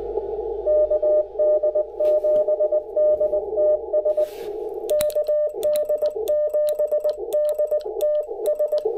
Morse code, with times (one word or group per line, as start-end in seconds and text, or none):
0.7-4.2 KD7DTS
4.9-8.8 KD7DTS